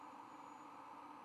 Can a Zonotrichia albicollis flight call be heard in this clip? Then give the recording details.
no. No flight call is heard. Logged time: 22:46 on 23 November 2014